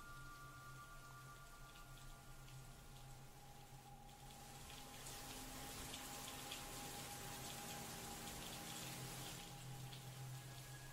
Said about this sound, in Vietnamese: Đến tận đêm trời vẫn mưa.